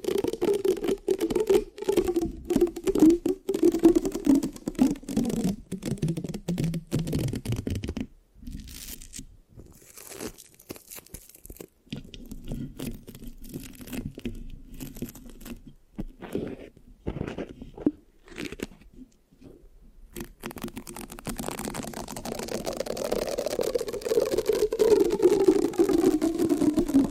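Dense, crackly mic scratching with sticky, tearing textures, loud at the start and end, sparser and quieter in the middle stretch.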